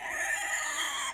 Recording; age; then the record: pig call; piglet (1 to 25 days)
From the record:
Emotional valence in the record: negative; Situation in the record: castration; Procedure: castration, fixation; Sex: male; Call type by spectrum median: high-frequency call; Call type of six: high-frequency modulated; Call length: 1.14 s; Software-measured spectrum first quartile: 1678 Hz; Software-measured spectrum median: 2788 Hz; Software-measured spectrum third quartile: 5922 Hz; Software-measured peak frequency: 1812 Hz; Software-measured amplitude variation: 95 dB a second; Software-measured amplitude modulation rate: 23.8 a second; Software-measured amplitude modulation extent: 4.0 dB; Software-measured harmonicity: 2.6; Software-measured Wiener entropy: -3.09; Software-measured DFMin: 1117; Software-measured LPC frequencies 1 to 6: 934, 1850, 3244, 4248, 6704, 7116 Hz